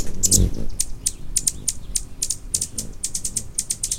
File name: Annas Hummingbird